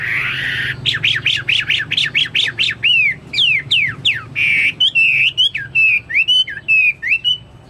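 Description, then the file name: Chinese hwamei song starting with a harsh buzzy note, then a fast run of repeated chips and loud sliding, looping whistles. "omkicau hwamei"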